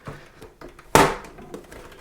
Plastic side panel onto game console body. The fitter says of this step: we go. It has clicked. It does not take much power and much force to